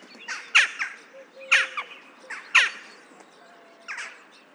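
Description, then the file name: Western jackdaw giving short, sharp chak calls about once a second, with fainter calls in between. "Western Jackdaw - Coloeus monedula"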